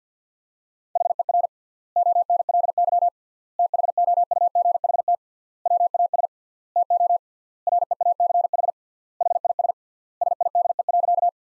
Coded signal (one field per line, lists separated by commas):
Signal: Morse code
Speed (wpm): 50 wpm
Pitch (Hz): 700 Hz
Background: none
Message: HER ONLY THOUGHT WAS TO REACH HIS SIDE.